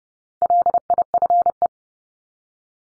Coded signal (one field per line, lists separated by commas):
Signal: Morse code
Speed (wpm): 30 wpm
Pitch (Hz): 700 Hz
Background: none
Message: LIFE